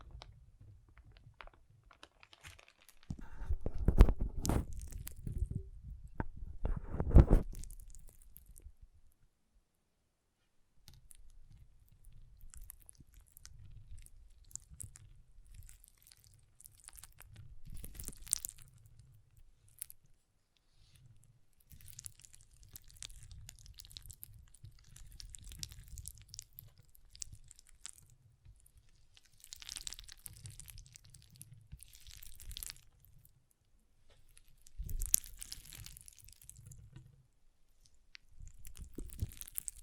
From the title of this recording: Soothing & Deep Water Beads Sounds